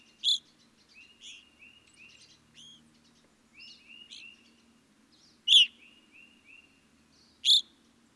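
Evening grosbeak calling: three loud strident chirps among a chatter of softer whistled notes and quieter calls, over a faint low background hum.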